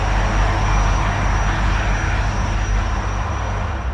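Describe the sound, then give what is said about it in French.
A helicopter, carrying three handcuffed men to an unknown destination, drones loudly and steadily, a dense engine roar with a low, pulsing rumble underneath and a thin high whine running through it, with no voices. “Ils sont pris en charge, menottés, poussés jusqu'à l'hélicoptère qui les emmène vers une destination inconnue.”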